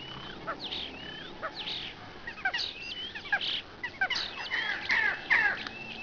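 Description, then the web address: Common starling calls: slurred whistles, rattling clicks and squeals mixed with harsh notes, growing louder and busier toward the end, with faint background hum. Recorded in a park. "park voegel star"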